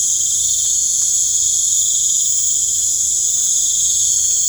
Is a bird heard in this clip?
no